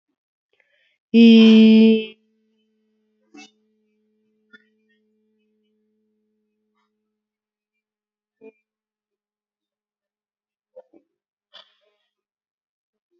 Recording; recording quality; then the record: sustained vowel as in beet; excellent, no background noise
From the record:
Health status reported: exposed to COVID-19, no respiratory illness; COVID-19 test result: not tested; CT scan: not taken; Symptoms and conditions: cough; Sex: female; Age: 41 years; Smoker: no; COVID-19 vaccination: both doses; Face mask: not worn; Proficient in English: yes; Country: India